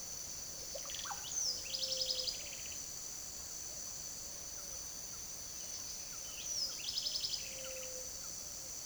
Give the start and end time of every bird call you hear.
0.59s-1.23s: Psarocolius angustifrons
1.10s-2.85s: Troglodytes aedon
1.45s-2.39s: Leptotila rufaxilla
2.90s-8.32s: Patagioenas cayennensis
6.21s-7.98s: Troglodytes aedon
7.39s-8.12s: Leptotila rufaxilla

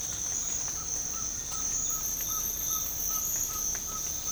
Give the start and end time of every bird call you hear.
0.57s-4.32s: Glaucidium brasilianum

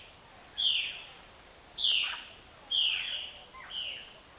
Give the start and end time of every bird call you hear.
0.00s-4.21s: Cyanocorax violaceus

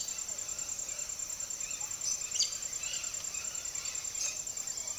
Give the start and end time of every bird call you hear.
0.00s-1.87s: Orthopsittaca manilatus
2.04s-2.17s: Ramphocelus carbo
2.26s-2.52s: Pteroglossus castanotis
2.74s-4.99s: Orthopsittaca manilatus

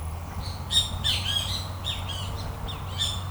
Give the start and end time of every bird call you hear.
0.00s-3.31s: Pitangus sulphuratus

